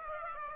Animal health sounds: mosquito wingbeat signal from an infrared sensor; Aedes aegypti

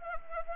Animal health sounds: mosquito wingbeat signal from an infrared sensor; Anopheles gambiae

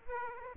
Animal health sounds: mosquito wingbeat signal from an infrared sensor; Aedes aegypti

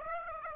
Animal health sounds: mosquito wingbeat signal from an infrared sensor; Aedes aegypti

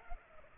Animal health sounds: mosquito wingbeat signal from an infrared sensor; Culex pipiens

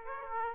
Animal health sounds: mosquito wingbeat signal from an infrared sensor; Aedes aegypti

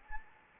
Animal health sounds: mosquito wingbeat signal from an infrared sensor; Anopheles gambiae

